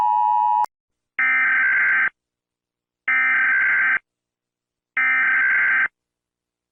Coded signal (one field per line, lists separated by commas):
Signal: Emergency Alert System (SAME) tones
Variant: header bursts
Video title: (2K SUBS SPECIAL) Rating EAS alarms from all around the world